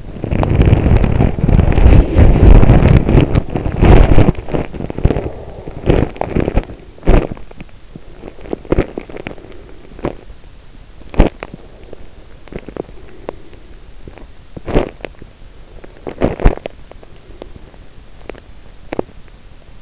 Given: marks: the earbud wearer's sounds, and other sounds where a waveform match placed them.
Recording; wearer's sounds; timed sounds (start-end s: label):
sounds in sleep by an in-ear microphone; body movement
0.00-19.82 s: body movement